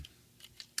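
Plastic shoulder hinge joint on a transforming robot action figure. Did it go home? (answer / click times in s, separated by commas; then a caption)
yes / 0.8 s. The plastic shoulder hinge joint of a Strongarm Transformers Robots in Disguise Warrior Deluxe action figure is swiveled, with both shoulders moved together along the hinge axis during transformation. A few faint plastic ticks come at about 0.1, 0.4 and 0.6 seconds, then a sharp, loud click at 0.8 seconds as the joint locks into place.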